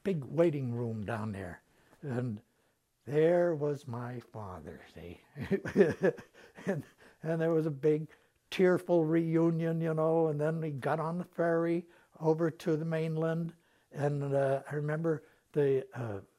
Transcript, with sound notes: big waiting room down there and there was my father, see. [Laughs] And — and there was a big tearful reunion, you know, and then we got on the ferry over to the mainland and I remember the